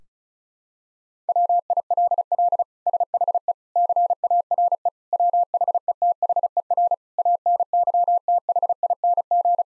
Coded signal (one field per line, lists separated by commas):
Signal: Morse code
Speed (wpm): 34 wpm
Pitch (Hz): 700 Hz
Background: none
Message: WILL SHE CARE WHETHER ANYTHING